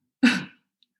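A single short cough from a small dog (poodle) that is choking on something.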